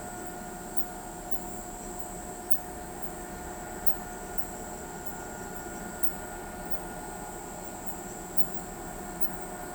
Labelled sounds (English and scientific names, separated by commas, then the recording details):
none
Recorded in pastures near Pivijay, Magdalena, Colombia, on 17 April 2023 at 01:00
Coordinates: 10.456, -74.369
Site P6-G026